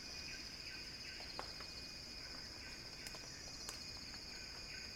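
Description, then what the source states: Cicada song as a strong, even high buzz, with a thin steady tone, light chirps and a few sharp clicks. Cicada song building as a crescendo.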